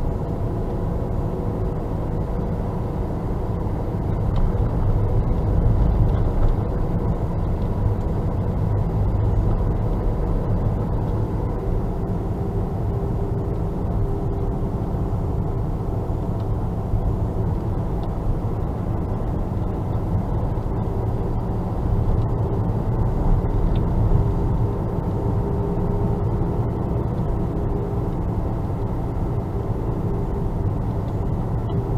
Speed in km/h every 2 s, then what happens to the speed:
43, 43, 43, 43, 42, 43, 44, 45, 46, 46, 45, 46, 47, 46, 45, 45.
0-32 steady at about 45.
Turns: none.